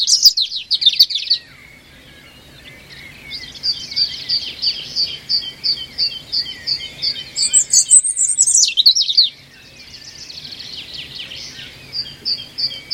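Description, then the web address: European robin song: a bright opening flourish, a pause, then rhythmic high chirping, a thin sliding whistle, and further trilled phrases. "cianscape birddata Deverinetal 2025 File origin Bird Only Er Ru Er Ru"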